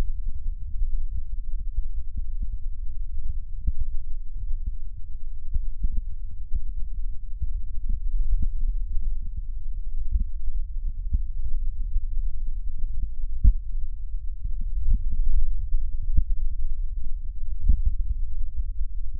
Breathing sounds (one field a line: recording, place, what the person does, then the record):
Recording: lung sounds by stethoscope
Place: right posterior basal chest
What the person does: quiet breathing, then deep breathing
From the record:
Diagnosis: COPD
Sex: male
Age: 78 years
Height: 162 cm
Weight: 66.4 kg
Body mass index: 25.3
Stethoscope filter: bell mode